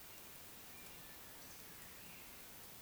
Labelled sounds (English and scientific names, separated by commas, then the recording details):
Eurasian Woodcock (Scolopax rusticola) whistle
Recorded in Baden-Württemberg, Germany, on 16 June 2020 at 19:33 UTC
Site 45520, 595 m above sea level